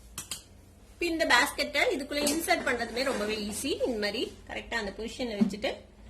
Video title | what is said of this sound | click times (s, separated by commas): airfryer unboxing /stok airfryer review in tamil /is airfryer useful ?/healthy cooking with less oil | இந்த பேஸ்கெட்டை கரெக்டா position வச்சு லைட்டா இப்படி கீழே பிரஸ் பண்ணோம்னா ஒரு கிளிக் சவுண்ட் வருது. அது வந்துச்சுன்னா லாக் ஆயிடுச்சு அப்படின்னு அர்த்தம். | 0.2 s, 0.3 s